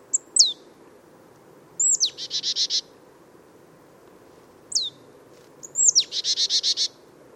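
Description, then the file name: Marsh tit calling: high sweeping 'pitchoo' notes, some alone, others leading into a rapid buzzy chatter of repeated notes, in four bursts. "Poecile palustris"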